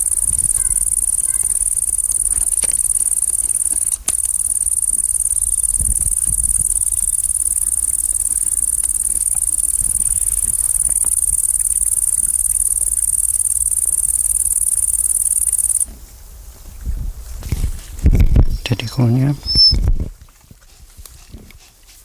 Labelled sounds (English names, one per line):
Great Green Bush-cricket stridulation